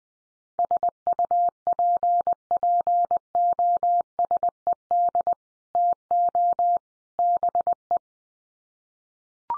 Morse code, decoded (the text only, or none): SUPPOSED TO BE